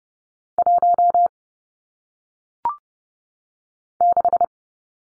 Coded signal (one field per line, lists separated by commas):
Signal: Morse code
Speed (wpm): 30 wpm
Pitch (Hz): 700 Hz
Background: none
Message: 1 6